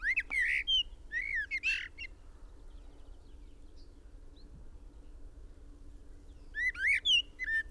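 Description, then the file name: Common blackbird song: an opening burst of whistled phrases, several seconds of near silence, then another short cluster of notes. "Turdus merula"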